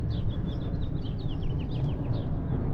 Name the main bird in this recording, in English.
House Finch